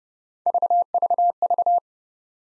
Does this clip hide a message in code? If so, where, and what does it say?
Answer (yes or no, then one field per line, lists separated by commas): no